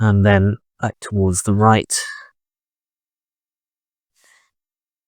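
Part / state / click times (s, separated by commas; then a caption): licence plate lamp unit into rear bumper / not seated / none. A licence plate lamp unit on a Nissan Leaf is pushed up and moved back towards the right to line it up in the rear bumper opening. Someone talks for the first two seconds, ending in a breathy sigh, then there is near silence with a faint brief sound around 4.3 s. Nothing has clicked into place yet.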